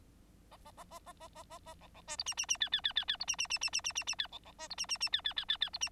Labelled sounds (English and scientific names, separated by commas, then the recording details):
Bengalese Finch (Lonchura striata domestica) song
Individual Bird9